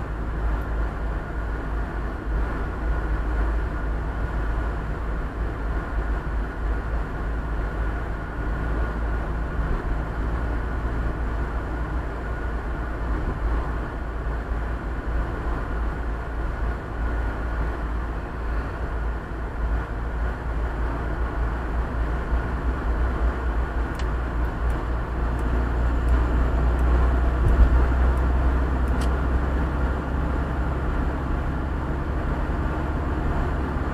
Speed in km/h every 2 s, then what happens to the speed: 52, 52, 52, 52, 54, 54, 54, 55, 54, 54, 54, 54, 54, 58, 60, 63, 65.
0-24 steady at about 54. 24-34 speeds up to 65.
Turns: none.